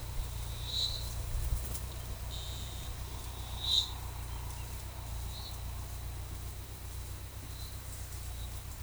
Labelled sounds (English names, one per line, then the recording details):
none
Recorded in forest near Pivijay, Magdalena, Colombia, on 14 April 2023 at 12:00
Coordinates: 10.467, -74.380
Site Z5-G034